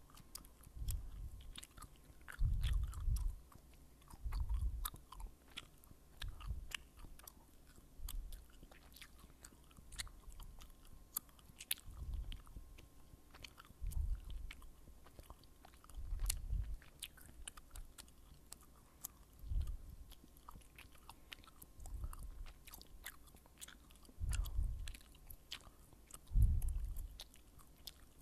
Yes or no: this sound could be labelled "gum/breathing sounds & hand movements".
yes